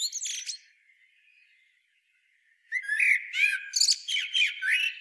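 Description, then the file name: Common blackbird with a brief squeaky burst at the start. After about two seconds of near silence, a loud, fast run of high twitters and whistled slides follows. "Turdus merula"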